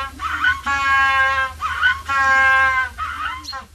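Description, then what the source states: African penguin song: a rhythmic series of three loud, braying calls, each a short rough note followed by a longer drawn-out tone. Adult African penguins in Italian zoos; from a study of 600 songs by 28 birds; researchers found the songs share the structure of human language.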